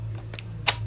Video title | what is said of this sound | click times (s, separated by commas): Installing Your own memory.wmv | and it pushes down and snaps back in | 0.4 s, 0.7 s